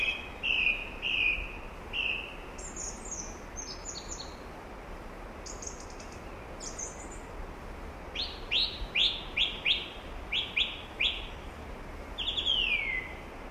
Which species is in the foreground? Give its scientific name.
Turdus philomelos